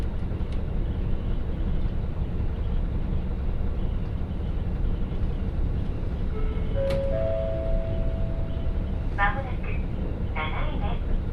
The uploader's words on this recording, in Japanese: 耳で楽しむ鉄道旅 函館本線 函館→池田園（藤城支線経由）。函館から大沼を経由して、2022年廃止駅（ちなみに乗車日は廃止前日です）の１つである池田園駅まで行ってみました。